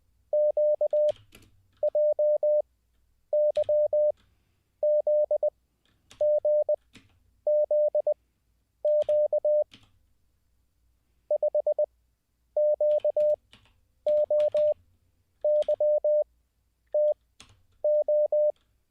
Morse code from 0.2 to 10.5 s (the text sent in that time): QJYZGZQ